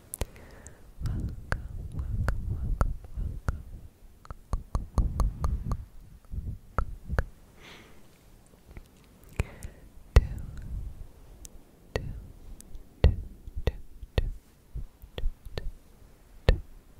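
Clicky mouth sounds: sharp tongue clicks and tktk taps, scattered irregularly, sometimes in quick clusters, over soft low wet smacking and breathy murmurs. The busiest stretches fall in the first seven seconds, with sparser isolated clicks afterward, including some brief pauses.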